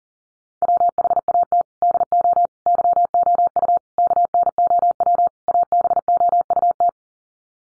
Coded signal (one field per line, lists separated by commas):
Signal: Morse code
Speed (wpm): 38 wpm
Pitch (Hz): 700 Hz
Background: none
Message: WHAT DO YOU KNOW ABOUT